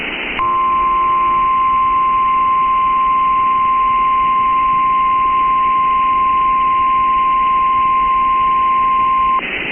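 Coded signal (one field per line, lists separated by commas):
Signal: Emergency Alert System (SAME) tones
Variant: 1050 Hz attention tone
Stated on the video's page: Genuine EAS tones for a severe thunderstorm warning.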